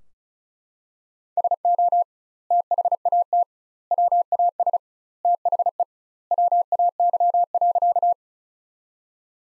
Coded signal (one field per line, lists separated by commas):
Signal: Morse code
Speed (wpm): 34 wpm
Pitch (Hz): 700 Hz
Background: none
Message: SO THAT WAS THE WAY.